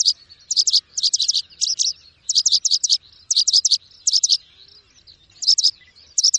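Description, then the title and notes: Bird song: bursts of high, sharp chirps in tight groups, repeated with short gaps. Bird ringtone, described as having a melodious voice. "Burung Dengan Suara Merdu"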